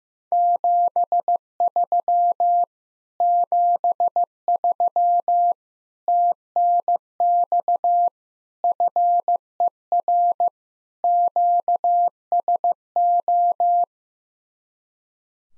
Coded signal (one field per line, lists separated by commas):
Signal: Morse code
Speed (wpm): 15 wpm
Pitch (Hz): 700 Hz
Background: none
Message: 73 73 TNX FER QSO